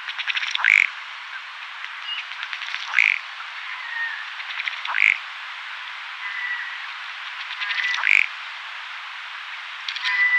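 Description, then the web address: Ruddy duck display call: four times, a burst of rapid dry ticks ends in a short, bright, tonal burp, the sequences spaced about two to three seconds apart. Male. "Schulze Peter Ruddy Duck male"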